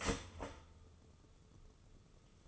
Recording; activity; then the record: daily activity, microphone in the room; start toaster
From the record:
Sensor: 4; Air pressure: 995.3 hPa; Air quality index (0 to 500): 216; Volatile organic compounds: 263 ppm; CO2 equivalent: 4395 ppm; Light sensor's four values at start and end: 28/86/33/35 and 29/87/33/36